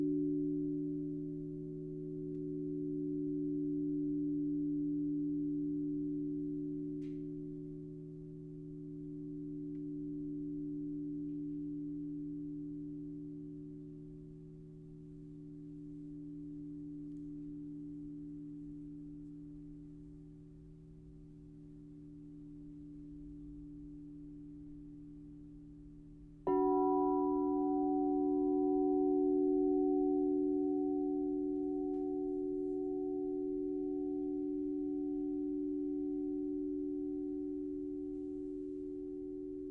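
A crystal singing bowl holds a pure, steady low tone for about 26 seconds, its loudness swelling and dipping slowly. Around 26 seconds a second strike adds a brighter ring with higher overtones that fade quickly, and the deeper tone carries on to the end.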